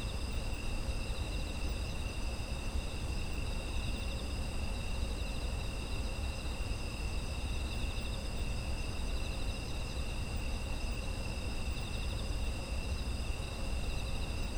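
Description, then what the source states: Insects: dense chorus of trilling insects, high steady tones layered at several pitches, set against a continuous deep rumbling background. Autumn insect ambience.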